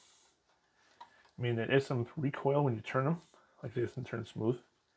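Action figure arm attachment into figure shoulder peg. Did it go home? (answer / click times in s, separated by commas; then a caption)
no / none. A plastic arm attachment on a Kenner 1990 RoboCop action figure is handled and turned on the figure's shoulder peg after only a partial fit, with a faint short tick near 1.0 s before someone talks. The arm has not been pushed fully home yet, and nothing has seated or clicked.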